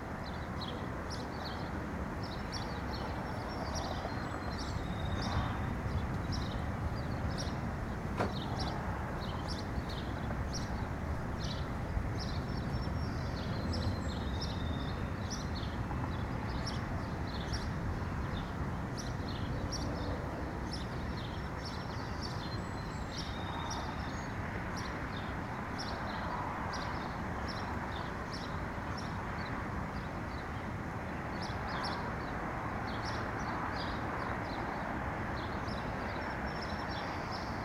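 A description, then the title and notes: Outdoor neighborhood ambience: a steady, dense low rumble like distant traffic fills the background without letup. Over it, small birds chirp and tick high and bright throughout, in quick scattered bursts, with no loud events standing out. Nature in the Neighborhood White Noise.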